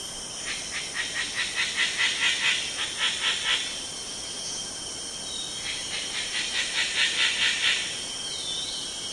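Black magpie calls in rapid, harsh, rasping series lasting a few seconds, given twice, against a continuous shrill insect whine and steady hiss.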